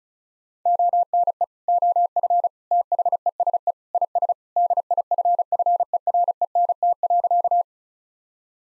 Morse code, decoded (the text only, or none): ONE OF THESE IS DIFFERENT.